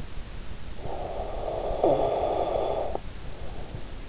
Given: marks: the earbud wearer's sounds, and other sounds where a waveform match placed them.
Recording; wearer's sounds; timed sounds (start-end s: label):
sounds in sleep by an in-ear microphone; snoring breath
0.58-3.38 s: snoring breath